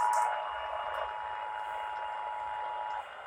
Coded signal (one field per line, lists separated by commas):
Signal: Emergency Alert System (SAME) tones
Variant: 853 and 960 Hz attention tone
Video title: KQPS IS NOW KMEE AND A NEW RMT! EAS Tests from July 2023